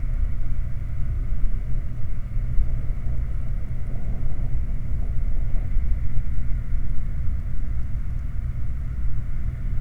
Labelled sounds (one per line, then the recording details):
machinery
flare stack
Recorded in the Prudhoe Bay oil fields, Alaska, on 5 August 2019 at 10:16
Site 29